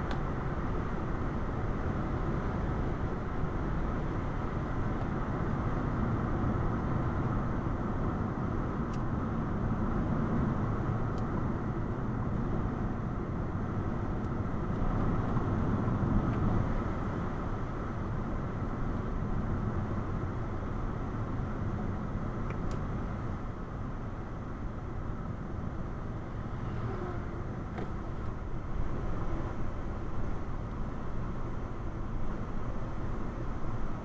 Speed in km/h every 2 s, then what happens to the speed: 90, 89, 85, 84, 81, 79, 79, 76, 74, 74, 71, 69, 66, 64, 61, 58, 55.
0-34 slows to 55.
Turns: none.